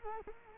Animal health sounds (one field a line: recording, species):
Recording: mosquito wingbeat signal from an infrared sensor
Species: Culex quinquefasciatus